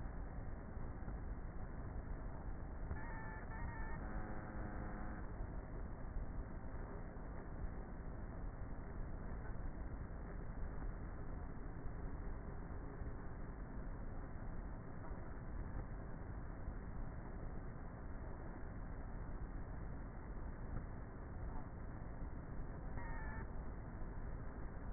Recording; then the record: honeybee colony, microphone inside the hive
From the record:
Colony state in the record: queenless with a low population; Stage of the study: before two queens were removed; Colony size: about 30,000 bees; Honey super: no